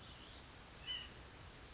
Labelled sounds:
White-breasted Nuthatch
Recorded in Sonoma County, California

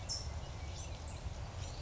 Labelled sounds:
California Towhee
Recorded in Sonoma County, California

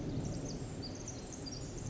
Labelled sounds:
Pacific Wren
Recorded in Sonoma County, California

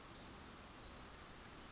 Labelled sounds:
Pacific Wren
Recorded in Sonoma County, California

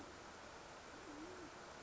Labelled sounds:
Band-tailed Pigeon
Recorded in Sonoma County, California

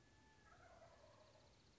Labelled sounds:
Wild Turkey
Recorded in Sonoma County, California

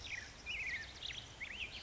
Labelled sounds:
Black-headed Grosbeak
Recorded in Sonoma County, California

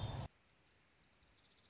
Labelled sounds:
Orange-crowned Warbler
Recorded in Sonoma County, California

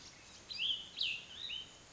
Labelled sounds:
Cassin's Vireo
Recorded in Sonoma County, California

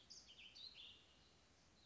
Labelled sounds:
Warbling Vireo
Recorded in Sonoma County, California

